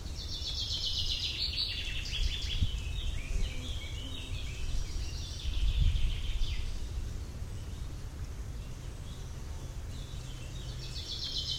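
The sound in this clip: Bird chirping in fast high trills, fading later and returning at the end, over a low rumble that swells midway.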